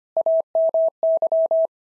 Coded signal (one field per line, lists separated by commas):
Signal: Morse code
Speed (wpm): 24 wpm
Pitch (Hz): 650 Hz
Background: none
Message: AMY